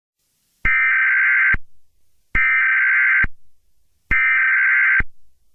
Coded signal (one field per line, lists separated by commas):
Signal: Emergency Alert System (SAME) tones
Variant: header bursts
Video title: Eas scenario 3 solar eclipse ( from my second account)